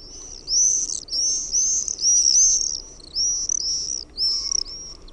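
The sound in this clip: Common Swift screams: loud piercing screeches in bursts, one every half second to second, over soft low background noise.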